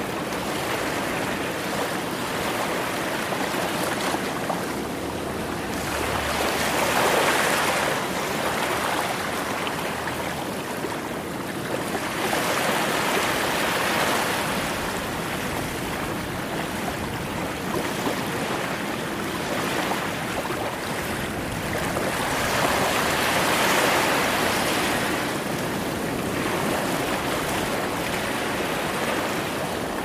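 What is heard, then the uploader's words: Ocean waves wash in a steady, dense hiss, swelling into brighter surges roughly every eight seconds, around 7, 15, and 24 seconds, then easing back. The sound is close and full, with a low rumble underneath and no other distinct sounds. Secret Beach Ocean Waves White Noise.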